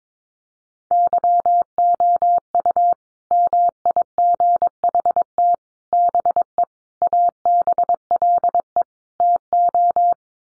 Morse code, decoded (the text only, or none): YOU MIGHT BE ABLE TO